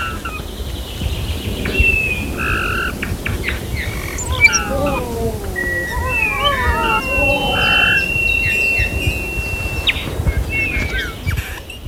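Eurasian Bullfinch with quiet, creaky warbling phrases and a few soft drawn-out whistles, over a steady low rumbling background noise.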